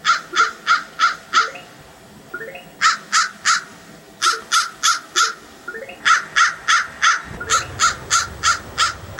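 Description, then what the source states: Crow cawing in series of harsh, evenly spaced caws, about three per second, separated by short pauses. Crow with a mirror.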